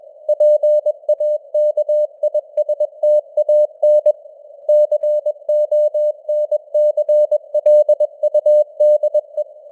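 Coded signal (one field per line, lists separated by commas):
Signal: Morse code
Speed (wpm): 21 wpm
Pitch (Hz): 600 Hz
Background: none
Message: PAKISTAN CONCLUDE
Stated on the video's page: Morse news headlines at 21 wpm with simulated radio noise and varying signal strength (QSB); an experiment.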